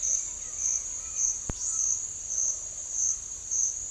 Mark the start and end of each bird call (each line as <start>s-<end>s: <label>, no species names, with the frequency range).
0.00s-1.43s: bird call (1.6-5.0 kHz)